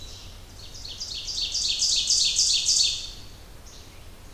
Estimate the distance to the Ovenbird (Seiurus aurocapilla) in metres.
about 15 m